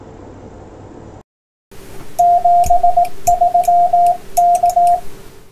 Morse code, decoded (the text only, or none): 73 K